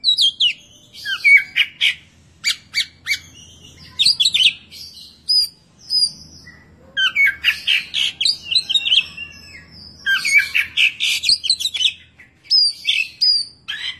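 Oriental magpie-robin song: rapid sequences of high whistled notes, harsh chips and trills, delivered in clustered phrases separated by brief gaps, over faint low hum.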